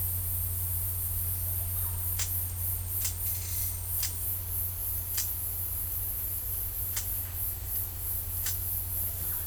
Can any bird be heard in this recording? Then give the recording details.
no. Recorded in dense forest near Puerto Asís, Putumayo, Colombia, on 15 December 2024 at 12:30. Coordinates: 0.503, -76.323. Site G043